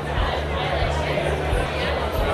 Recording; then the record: background sound without coughing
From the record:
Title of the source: CITY SOUNDS Busy Bar in the Evening Night - 2 HOURS of Ambiance for Relaxation